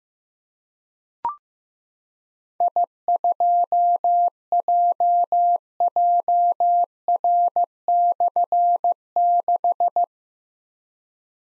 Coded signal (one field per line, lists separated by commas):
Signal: Morse code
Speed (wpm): 15 wpm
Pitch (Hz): 700 Hz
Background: none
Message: I2JJR/6